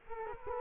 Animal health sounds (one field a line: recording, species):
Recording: mosquito wingbeat signal from an infrared sensor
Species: Culex quinquefasciatus